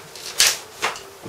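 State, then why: Seated. A GMP replica of a Troy flip-up backup iron sight on the top rail of a Marui SOPMOD airsoft rifle with a 12" Troy SBR is flipped into position. It snaps and locks into place with a sharp, bright click at 0.4 s, followed by a softer second click around 0.8 s. The sight is seated and holds its position.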